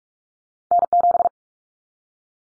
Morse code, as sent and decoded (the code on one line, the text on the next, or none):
-. --...
N7